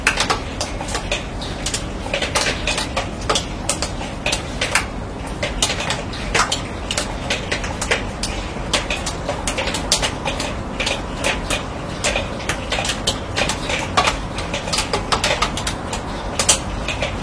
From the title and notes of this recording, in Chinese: 乡村晨雨【一小时纯音】- 在迷雾中被雨水唤醒的清晨、倾听远方鸟鸣。雨水滴落在钢铁顶棚。